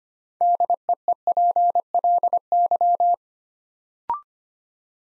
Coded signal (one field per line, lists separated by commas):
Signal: Morse code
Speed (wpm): 25 wpm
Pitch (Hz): 700 Hz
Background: none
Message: DEEPLY